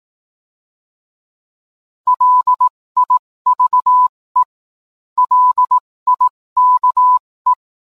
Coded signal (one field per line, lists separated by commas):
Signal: Morse code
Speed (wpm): 18 wpm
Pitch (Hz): 1000 Hz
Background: none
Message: LIVE LIKE